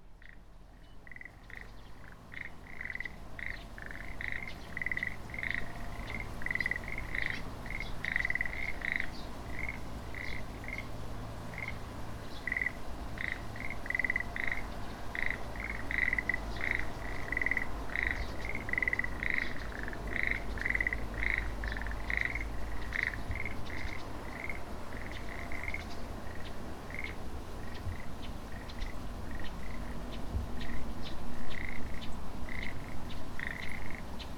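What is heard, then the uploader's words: A field recording from Japan filled with a dense, continuous chorus of frogs, their rapid pulsing calls overlapping at a steady mid-high pitch for the whole half minute. A low rumble runs underneath, and the chorus grows slightly louder toward the end. Field recordings I made in Japan.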